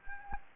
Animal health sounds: mosquito wingbeat signal from an infrared sensor; Anopheles gambiae

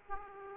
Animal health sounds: mosquito wingbeat signal from an infrared sensor; Aedes aegypti

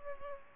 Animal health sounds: mosquito wingbeat signal from an infrared sensor; Aedes aegypti

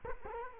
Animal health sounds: mosquito wingbeat signal from an infrared sensor; Culex quinquefasciatus

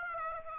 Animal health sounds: mosquito wingbeat signal from an infrared sensor; Aedes aegypti

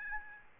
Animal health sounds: mosquito wingbeat signal from an infrared sensor; Aedes albopictus

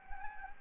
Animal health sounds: mosquito wingbeat signal from an infrared sensor; Anopheles gambiae

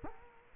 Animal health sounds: mosquito wingbeat signal from an infrared sensor; Culex quinquefasciatus

